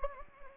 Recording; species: mosquito wingbeat signal from an infrared sensor; Anopheles gambiae